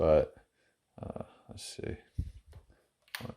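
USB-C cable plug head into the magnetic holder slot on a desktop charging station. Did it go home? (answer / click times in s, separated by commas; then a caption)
yes / 3.1 s. A retractable USB-C cable's plug head is brought back to the magnetic holder slot on an Aftertop 550W GaN 7-port desktop charging station, where a magnet holds it. Someone talks, then after a short pause a sharp click at 3.2 s marks the plug head snapping in and seating, confirming the holder is magnetized.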